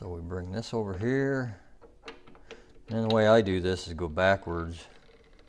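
A steel jaw is fitted into a three-jaw lathe chuck while someone talks, and the chuck's scroll is turned backwards so its thread can engage the jaw. Between the speech, a few faint sharp ticks come at about 2.1, 2.3, 2.5 and 5.4 seconds. Nothing has seated or clicked yet; the jaw has not snapped into the scroll by the end of the clip.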